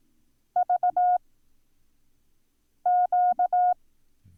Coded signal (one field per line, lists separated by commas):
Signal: Morse code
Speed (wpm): 18 wpm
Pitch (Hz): 720 Hz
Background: none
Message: VQ